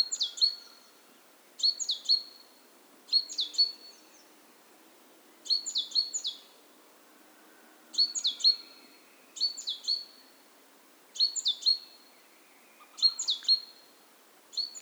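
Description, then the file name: Great tit calls, high bright bursts of sharp notes repeated several times at uneven intervals, faint hiss behind. "Parus major"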